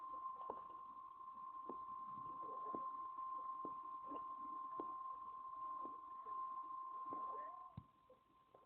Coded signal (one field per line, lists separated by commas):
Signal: Emergency Alert System (SAME) tones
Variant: 1050 Hz attention tone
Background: speech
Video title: My Welcome Video [F/ An EAS Scenario]